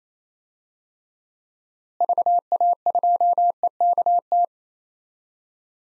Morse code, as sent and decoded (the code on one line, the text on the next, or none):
...- .- ..--- . -.- -
VA2EKT